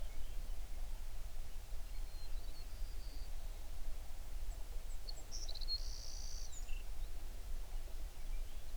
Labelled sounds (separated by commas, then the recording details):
songbird
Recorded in the Prudhoe Bay oil fields, Alaska, on 11 June 2019 at 05:45
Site 21